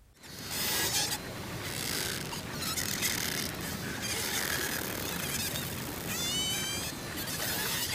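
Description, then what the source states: Pacific white-sided dolphins: dense crackling clicks and buzzing throughout, with a few wavering high whistles surfacing near the end. A group of Pacific white-sided dolphins with many overlapping voices; each dolphin has a signature whistle.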